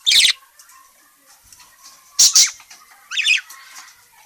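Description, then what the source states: Parakeet squawks: three brief, harsh high calls spread over about four seconds, with faint chatter between them. Calling; described as gacor, meaning it calls vigorously and often.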